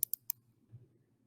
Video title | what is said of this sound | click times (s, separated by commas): Cordless Drill and Impact Driver (20V DeWalt Battery Powered) | want to tighten it and then i want to tighten it until it clicks | 0.0 s, 0.1 s, 0.3 s